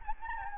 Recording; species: mosquito wingbeat signal from an infrared sensor; Anopheles gambiae